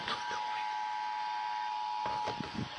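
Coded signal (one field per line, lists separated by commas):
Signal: Emergency Alert System (SAME) tones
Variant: 853 and 960 Hz attention tone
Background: speech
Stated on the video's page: Real required monthly and weekly tests, some received via FM translators; some weekly tests carried as scroll without tones.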